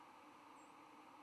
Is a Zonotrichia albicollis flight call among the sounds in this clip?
yes